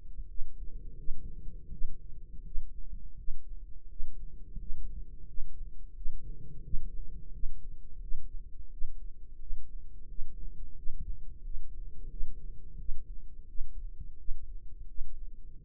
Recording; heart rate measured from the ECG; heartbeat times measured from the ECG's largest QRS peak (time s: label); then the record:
heart sounds by microphone in the right ear; 86 bpm
0.27 s: heartbeat
0.96 s: heartbeat
1.70 s: heartbeat
2.43 s: heartbeat
3.16 s: heartbeat
3.88 s: heartbeat
4.57 s: heartbeat
5.26 s: heartbeat
5.94 s: heartbeat
6.62 s: heartbeat
7.31 s: heartbeat
7.99 s: heartbeat
8.69 s: heartbeat
9.38 s: heartbeat
10.07 s: heartbeat
10.74 s: heartbeat
11.42 s: heartbeat
12.08 s: heartbeat
12.77 s: heartbeat
13.46 s: heartbeat
14.17 s: heartbeat
14.86 s: heartbeat
15.55 s: heartbeat
From the record:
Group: healthy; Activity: rest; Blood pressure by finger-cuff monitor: 124/82 mmHg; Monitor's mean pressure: 95 mmHg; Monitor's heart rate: 87 bpm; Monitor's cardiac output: 7.3 L/min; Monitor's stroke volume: 83 mL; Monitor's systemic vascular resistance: 960 dyn s/cm5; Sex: male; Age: 33 years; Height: 179 cm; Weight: 80.4 kg